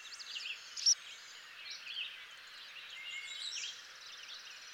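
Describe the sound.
Bobolink song, a steady, bubbly stream of tinkling, gurgling notes with one short, loud, high note early on.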